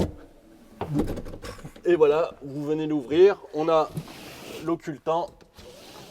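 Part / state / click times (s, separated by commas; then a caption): pleated blackout blind and insect screen clipping into a motorhome window or hatch frame / not seated / none. In a McLouis MC4 862 Matic motorhome, the pleated blackout blind and insect screen of an opening window or hatch are handled toward their closed position in the frame while someone talks, with a brief sharp sound near 0.8 s. Nothing has clipped into place yet.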